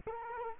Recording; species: mosquito wingbeat signal from an infrared sensor; Culex quinquefasciatus